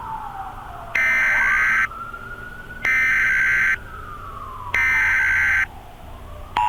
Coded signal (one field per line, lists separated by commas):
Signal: Emergency Alert System (SAME) tones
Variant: header bursts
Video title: EAS Scenario - 777